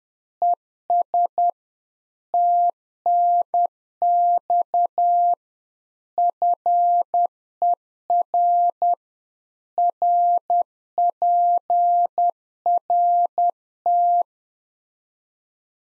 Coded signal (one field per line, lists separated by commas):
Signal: Morse code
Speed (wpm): 10 wpm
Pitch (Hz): 700 Hz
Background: none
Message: ES TNX FER RPRT